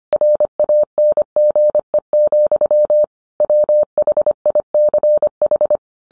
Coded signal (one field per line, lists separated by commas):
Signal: Morse code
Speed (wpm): 25 wpm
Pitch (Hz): 600 Hz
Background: none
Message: RANGE, WHICH